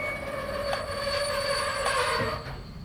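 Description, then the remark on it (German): A train pulls into a station, its wheels and brakes letting out a steady, high metallic squeal over a rumbling roar that eases off at the very end. No voices. “Als der Zug einfuhr, sah ich sie auch schon am Bahnsteig stehen.”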